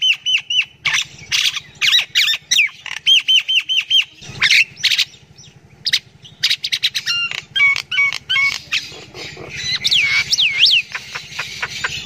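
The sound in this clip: Myna chattering with harsh squawks, clicks and bursts of repeated whistled notes, including looping whistles toward the end.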